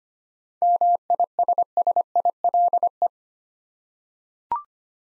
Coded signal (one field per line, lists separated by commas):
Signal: Morse code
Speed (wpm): 25 wpm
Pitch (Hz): 700 Hz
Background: none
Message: MISSILE